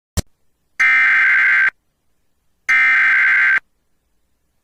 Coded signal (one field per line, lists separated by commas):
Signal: Emergency Alert System (SAME) tones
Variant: header bursts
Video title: TORNADO WARNING LAREDO, TX (EAS #24-28) OCT 13 2021